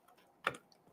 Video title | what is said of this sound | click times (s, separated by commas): "Crossdeck" Episode 46 - Chill & Chat/LIVE Build of a GRS Build-A-Cade w/GRS Viper | all right that snaps into place | 0.5 s